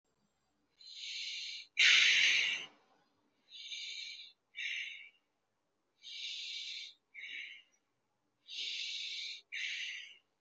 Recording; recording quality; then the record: deep breathing; excellent, no background noise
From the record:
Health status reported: healthy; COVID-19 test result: negative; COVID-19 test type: RT-PCR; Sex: male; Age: 23 years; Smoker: no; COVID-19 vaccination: one dose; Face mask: not worn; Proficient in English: yes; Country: India